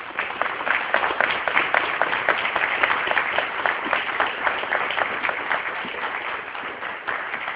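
An audience at an international UFOlogy congress in Capilla del Monte, Argentina, applauds steadily to welcome an Air Force colonel as speaker: dense overlapping claps forming a loud, even wash of sound that holds for several seconds with no voices over it.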